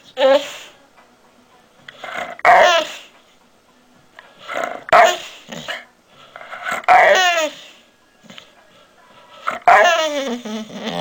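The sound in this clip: Labrador Retriever barking: harmonic, yelping barks with falling tails, coming in short bursts about every two to three seconds with quiet gaps between.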